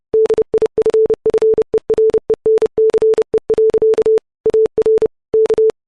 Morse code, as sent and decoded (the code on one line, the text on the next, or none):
-.. .. ..-. ..-. . .-. . -. -.-. . .-.-.- / .- .-. / -.-
DIFFERENCE. AR K